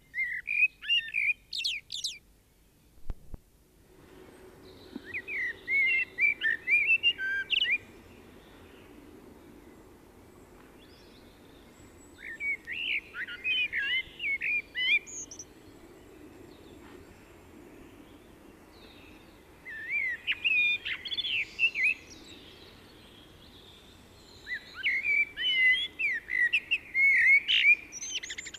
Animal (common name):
Common Blackbird